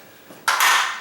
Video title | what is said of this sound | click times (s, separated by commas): How to Set Up Little Giant Ladder System Made Easy | this one I got to push up a little bit and it pops into place. | 0.5 s